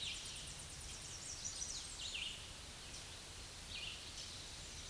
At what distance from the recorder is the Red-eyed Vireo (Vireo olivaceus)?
about 45 m